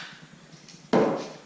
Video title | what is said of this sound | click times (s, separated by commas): Schluter shower drain system | And then this will snap into place like so. | 0.9 s